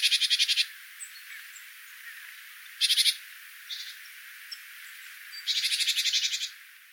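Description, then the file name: Great tit buzzy churring calls: three harsh, rapid rattling bursts of several notes each, separated by faint high ticks and chips. "Parus major"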